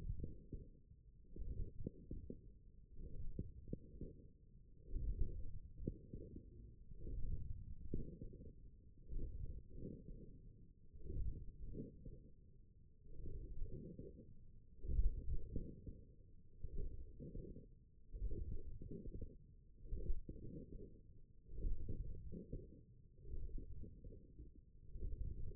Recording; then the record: forearm muscle sounds (acoustic myography)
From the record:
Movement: forearm supination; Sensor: system 1, eight BSWA MPA416 microphones around the upper forearm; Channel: 5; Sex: male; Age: 20 years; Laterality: left